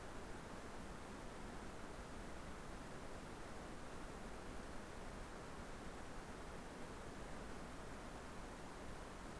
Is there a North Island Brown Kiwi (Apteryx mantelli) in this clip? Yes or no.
no